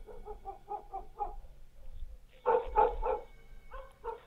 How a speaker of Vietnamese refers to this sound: Một nhà ba người đang ngồi trên hè nói chuyện thì bỗng nhiên con chó nhà hàng xóm, nó cứ sủa nhấm nha nhấm nhẳng. Thỉnh thoảng nó chu lên ông ổng, nghe đến quái dị.